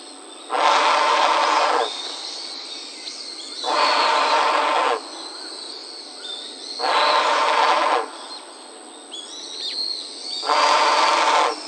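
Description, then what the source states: Great egret croaking harshly four times, each hoarse call lasting over a second and coming roughly every three seconds. Recorded 19 November 2018.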